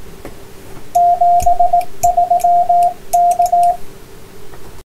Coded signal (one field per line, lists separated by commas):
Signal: Morse code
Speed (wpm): 18 wpm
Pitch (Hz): 700 Hz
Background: radio noise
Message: 73 K